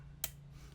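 A hex bit is released from the quick-release chuck of a Dong Cheng 20V brushless impact driver as the chuck collar is pulled forward and the bit slips out. A single sharp click from the collar release is heard at 0.2 s over a low steady hum. The bit comes free of the chuck.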